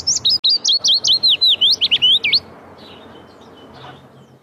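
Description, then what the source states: Willow Warbler song: a rapid, liquid phrase of high slurred whistles falling gently in pitch, then quiet. Song a gradually descending sequence of notes, pleasant, melodious, soft and somewhat melancholy; also sings in autumn.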